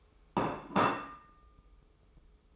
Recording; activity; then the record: daily activity, microphone in the room; place plate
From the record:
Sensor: 1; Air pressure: 995.3 hPa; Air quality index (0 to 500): 29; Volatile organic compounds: 1 ppm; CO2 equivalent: 552 ppm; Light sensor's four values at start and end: 13/47/17/17 and 13/47/17/17